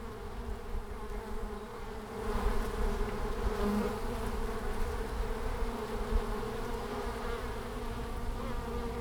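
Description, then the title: Honey bees humming continuously, the drone growing fuller after two seconds, over a low rumble. Langel, Cologne, Germany, in March at 20 °C; in sunny hours bees fly out in large numbers; recorder lay directly below the hive entrance hole; some bees briefly caught in the windshield fur. "Langel, Köln, Deutschland - Bienen im März. Bees in march"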